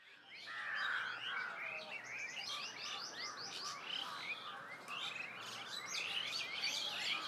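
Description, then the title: Bird chorus of many overlapping chirps and tweets, with short high twittering notes running steadily throughout and a brief lower warbling phrase near the start. Birds at medium distance in a village ambience. "GameAudioGDC. AMBIENCE Birds Medium Distant Village and People"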